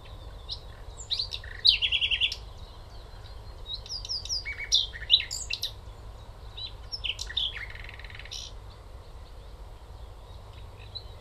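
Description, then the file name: Common nightingale song: varied phrases of sharp chirps, buzzy rattles and quick whistles delivered in bursts, with a low constant hum underneath. "Luscinia megarhynchos"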